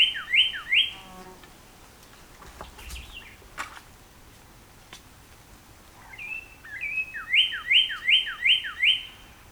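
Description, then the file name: Northern Cardinal song: three quick swept whistles, a few seconds of faint clicks and rustles, then slurred intro notes and six loud repeated whistled sweeps. Recorded 14 April 2018; the recording holds nine songs. "2018-04-14 NOCA-9 Songs"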